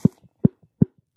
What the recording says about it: Your jaw popping in and out. I think it's from a wrestling match. I once dislocated my jaw in high school.